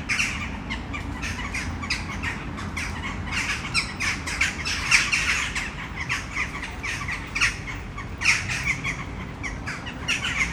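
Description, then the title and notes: Western jackdaws calling rapidly, crisp short squawks coming in uneven bursts, with light background hum. Many jackdaws in one tree, city centre of Brno, Czech Republic, at sunset. "Malinovského nám. 571/1, 602 00 Brno-střed-Brno-město, Česko - Western jackdaws at sunset. A tree full of jackdaws in the city center of Brno"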